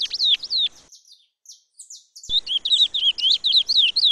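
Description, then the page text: Chestnut-bellied seed finch song: rapid high warbled and slurred notes, a quieter pause with a few faint notes and a sharp click, then a fast run of looping whistled phrases. "Curió (Sporophila Angolensis) #natureza #cantodocurio"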